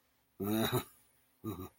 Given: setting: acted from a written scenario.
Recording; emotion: vocal sound without words; embarrassment